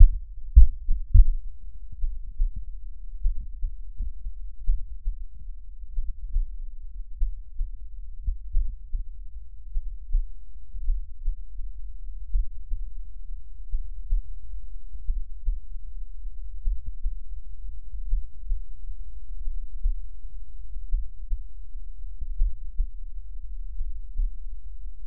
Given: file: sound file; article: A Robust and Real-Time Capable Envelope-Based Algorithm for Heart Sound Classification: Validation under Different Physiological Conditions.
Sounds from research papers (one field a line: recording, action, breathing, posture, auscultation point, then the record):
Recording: heart sounds by electronic stethoscope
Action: rest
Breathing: normal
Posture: lying on stomach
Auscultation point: Erb’s point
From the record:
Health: healthy, no known heart disease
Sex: male